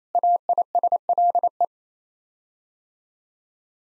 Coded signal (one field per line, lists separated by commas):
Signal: Morse code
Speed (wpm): 28 wpm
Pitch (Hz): 700 Hz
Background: none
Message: AISLE